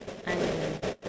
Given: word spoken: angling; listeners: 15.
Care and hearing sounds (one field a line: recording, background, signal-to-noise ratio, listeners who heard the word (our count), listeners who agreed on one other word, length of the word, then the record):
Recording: one English word in noise, from a listening test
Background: noise modulated by three-talker babble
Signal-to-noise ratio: -3.8 dB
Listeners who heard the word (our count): 0 of 15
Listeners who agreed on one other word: 6 of 15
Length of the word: 0.69 s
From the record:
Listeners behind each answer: 6, 3, 1, 1, 1, 1, 1, 1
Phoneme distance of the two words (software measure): 27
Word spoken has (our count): 2 syllables, 6 phonemes, stress on syllable 1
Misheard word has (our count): 2 syllables, 5 phonemes, stress on syllable 1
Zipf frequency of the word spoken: 2.97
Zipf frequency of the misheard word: 4.71